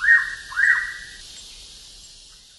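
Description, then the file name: Hooded pitta call: two clear whistled notes, each slurring slightly downward, given about half a second apart, then quiet. "pitta sordida"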